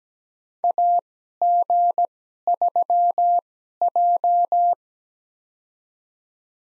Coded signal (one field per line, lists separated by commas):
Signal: Morse code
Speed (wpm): 17 wpm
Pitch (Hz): 700 Hz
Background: none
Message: AG3J